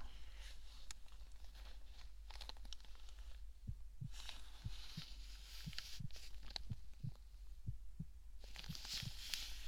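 Regular paired low thumps, lub then dub, come in after a few seconds at roughly 60 beats a minute. They sit under steady stethoscope hiss and some rubbing and rustling. This is an adult heartbeat heard through a stethoscope.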